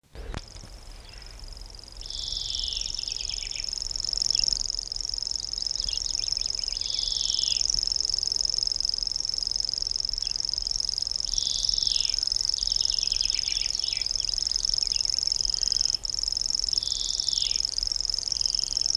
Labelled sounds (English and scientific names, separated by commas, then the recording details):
Common Grasshopper Warbler (Locustella naevia) song
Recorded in the wild
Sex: male
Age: adult
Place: Blankenfelde (Arkenberge), Kiessee Arkenberge, Berlin, DE
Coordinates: 52.64, 13.4111
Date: 1980-05-10 10:03
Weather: sunny, 12°C
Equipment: Uher CR 210, Sennheiser MD 421 HL, Verstärker, Kopie Uher 4200
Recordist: Tembrock, Günter